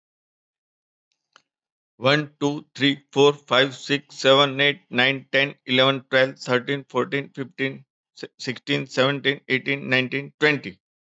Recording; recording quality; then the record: counting at a fast pace; excellent, no background noise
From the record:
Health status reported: healthy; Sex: male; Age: 62 years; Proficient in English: yes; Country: India